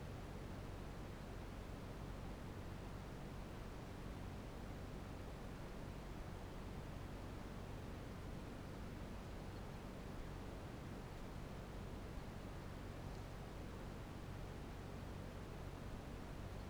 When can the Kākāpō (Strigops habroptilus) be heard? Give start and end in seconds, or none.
none